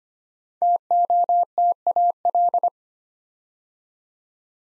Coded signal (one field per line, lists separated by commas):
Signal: Morse code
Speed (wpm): 25 wpm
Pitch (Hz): 700 Hz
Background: none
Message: TOTAL